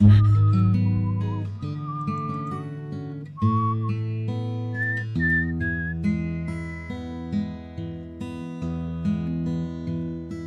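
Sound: person whistling a melody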